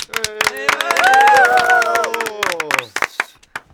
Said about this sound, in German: Und jetzt der 2. Platz. Die Gewinner des 2. Platzes heißen die Froschs. Applaus für unsere Jüngsten,